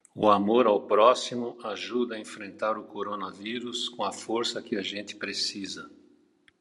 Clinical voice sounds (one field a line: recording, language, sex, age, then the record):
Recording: spoken sentence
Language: Brazilian Portuguese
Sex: male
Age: 70 to 79 years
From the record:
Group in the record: control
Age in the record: 74 years